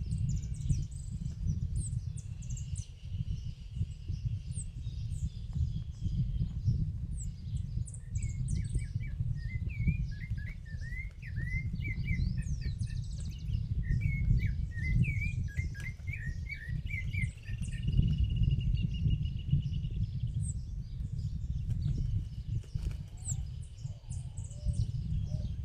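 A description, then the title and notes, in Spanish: Small birds sing and chirp in the countryside, with quick bright twitters scattered throughout and a thin sustained whistle around the 3–6 and 17–20 second marks. Under them runs a steady, dense low rumble, like wind buffeting, that never lets up. Pajaritos en el campo. Lo puse a grabar en el campo, se escucha hasta el viento...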